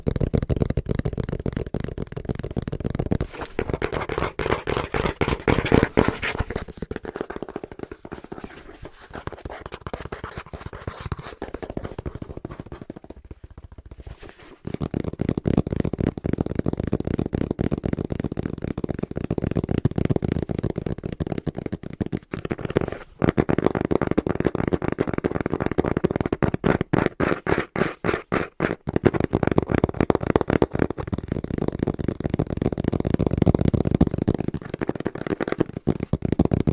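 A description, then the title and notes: Fast, rhythmic tapping on a cardboard box, dense and steady with brief pauses near fourteen and twenty-three seconds. ASMR Tapping (Fast & Rhythmic) On Cardboard Box (No Talking).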